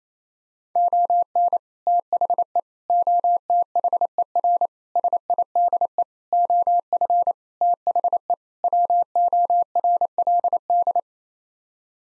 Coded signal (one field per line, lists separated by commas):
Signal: Morse code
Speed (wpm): 28 wpm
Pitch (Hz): 700 Hz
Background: none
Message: ON THE OTHER SIDE OF THE WORLD